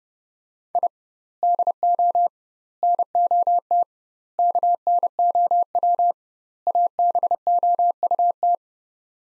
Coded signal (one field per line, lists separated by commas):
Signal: Morse code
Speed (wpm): 30 wpm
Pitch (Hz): 700 Hz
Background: none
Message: I DO NOT KNOW ABOUT